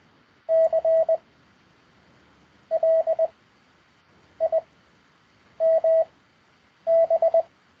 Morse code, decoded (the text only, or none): CLIMB